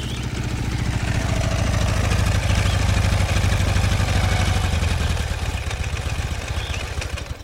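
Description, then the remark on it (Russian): A motorcycle carrying two local men overtakes a woman walking with a suitcase through a forest. Its engine rumbles loudly with a steady low throb, then settles into a rough, pulsing idle that gradually fades slightly toward the end, with faint clattering. “Ее обгоняют двое местных на мотоцикле.”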